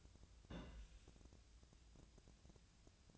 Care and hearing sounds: daily activity, microphone in the room; place on stove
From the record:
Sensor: 2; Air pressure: 1009.8 hPa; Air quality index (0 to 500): 181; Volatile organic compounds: 10 ppm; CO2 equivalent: 2260 ppm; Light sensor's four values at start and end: 30/74/32/36 and 30/74/32/36

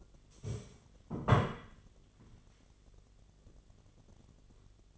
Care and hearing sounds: daily activity, microphone in the room; stand up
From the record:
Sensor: 4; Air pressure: 1008.7 hPa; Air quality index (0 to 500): 170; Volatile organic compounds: 5 ppm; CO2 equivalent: 1714 ppm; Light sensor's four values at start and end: 23/72/27/26 and 23/72/27/26

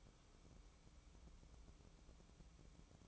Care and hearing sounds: daily activity, microphone in the room; take from stove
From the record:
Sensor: 1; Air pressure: 1008.1 hPa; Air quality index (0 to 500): 136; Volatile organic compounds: 2 ppm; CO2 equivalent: 1145 ppm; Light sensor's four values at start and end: 8/19/8/8 and 8/19/8/8

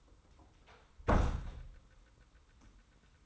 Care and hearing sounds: daily activity, microphone in the room; close door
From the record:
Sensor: 3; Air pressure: 990.3 hPa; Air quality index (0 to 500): 169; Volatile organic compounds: 1000 ppm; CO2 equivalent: 5456 ppm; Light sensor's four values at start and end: 47/111/45/43 and 47/111/45/43

